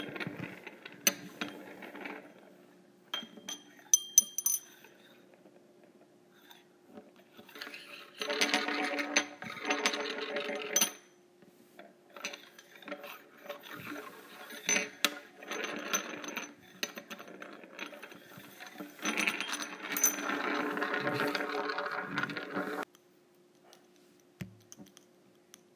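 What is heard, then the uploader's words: Metal straws clink and rattle against each other in bursts of bright jangling, with busy stretches around 8–11, 15–17 and 19–23 seconds. Between them come sharp single taps and quiet gaps, while a faint steady hum runs underneath. ASMR Using Metal Straws.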